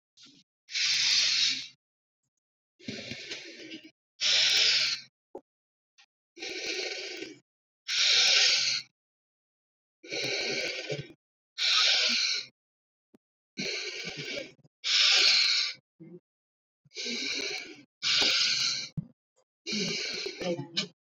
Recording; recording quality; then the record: deep breathing; excellent, no background noise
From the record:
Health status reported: healthy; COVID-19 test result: not tested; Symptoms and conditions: none ticked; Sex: male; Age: 29 years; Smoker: not ticked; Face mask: worn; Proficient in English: yes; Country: India